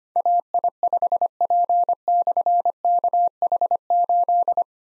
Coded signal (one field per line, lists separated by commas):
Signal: Morse code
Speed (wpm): 25 wpm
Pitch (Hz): 700 Hz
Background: none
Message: AI5P/KH8